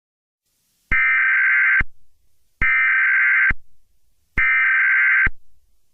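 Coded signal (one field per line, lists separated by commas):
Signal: Emergency Alert System (SAME) tones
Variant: header bursts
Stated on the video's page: Fictional EAS scenario, a simulated alert.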